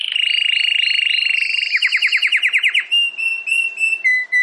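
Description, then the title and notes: Domestic canary singing a quick rattling trill, then a run of sharp descending chips, followed by separate clear whistled notes that step slightly lower. Belgian canary singing; the bird or its song is called Campainha. "Canário Belga Campainha Canary Singing. Canario Belga Cantando"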